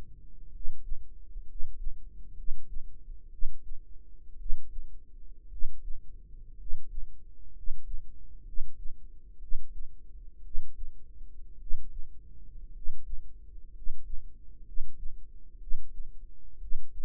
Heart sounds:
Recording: heart sounds by microphone in the right ear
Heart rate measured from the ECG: 60 bpm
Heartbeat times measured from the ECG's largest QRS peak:
0.49 s: heartbeat
1.44 s: heartbeat
2.33 s: heartbeat
3.28 s: heartbeat
4.35 s: heartbeat
5.47 s: heartbeat
6.55 s: heartbeat
7.51 s: heartbeat
8.42 s: heartbeat
9.37 s: heartbeat
10.40 s: heartbeat
11.56 s: heartbeat
12.70 s: heartbeat
13.70 s: heartbeat
14.62 s: heartbeat
15.57 s: heartbeat
16.57 s: heartbeat
From the record:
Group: healthy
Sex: male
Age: 25 years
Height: 170 cm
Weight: 70.4 kg

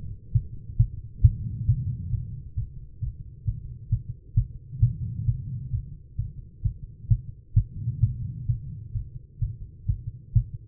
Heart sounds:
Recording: heart sounds by stethoscope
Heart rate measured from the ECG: 132 bpm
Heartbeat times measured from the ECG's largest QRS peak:
0.32 s: heartbeat
0.77 s: heartbeat
1.22 s: heartbeat
1.66 s: heartbeat
2.11 s: heartbeat
2.55 s: heartbeat
3.00 s: heartbeat
3.45 s: heartbeat
3.89 s: heartbeat
4.35 s: heartbeat
4.80 s: heartbeat
5.25 s: heartbeat
5.71 s: heartbeat
6.16 s: heartbeat
6.62 s: heartbeat
7.08 s: heartbeat
7.54 s: heartbeat
8.00 s: heartbeat
8.46 s: heartbeat
8.93 s: heartbeat
9.39 s: heartbeat
9.86 s: heartbeat
10.33 s: heartbeat
From the record:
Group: healthy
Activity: rest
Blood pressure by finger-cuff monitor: 148/74 mmHg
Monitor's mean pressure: 92 mmHg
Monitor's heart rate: 133 bpm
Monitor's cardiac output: 15.8 L/min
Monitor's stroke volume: 118 mL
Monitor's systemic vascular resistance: 400 dyn s/cm5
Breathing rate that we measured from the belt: 20 breaths a minute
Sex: female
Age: 43 years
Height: 160 cm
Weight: 90 kg

